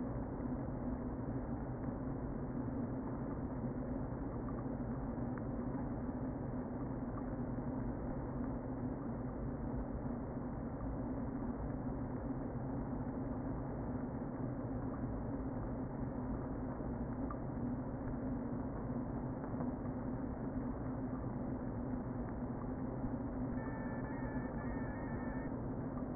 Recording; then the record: honeybee colony, microphone inside the hive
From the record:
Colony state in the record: queen present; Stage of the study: before two queens were removed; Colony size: about 60,000 bees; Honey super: yes